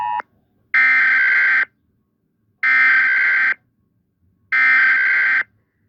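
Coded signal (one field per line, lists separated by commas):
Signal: Emergency Alert System (SAME) tones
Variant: header bursts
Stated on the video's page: Fictional alarms for invented territories, fixed version.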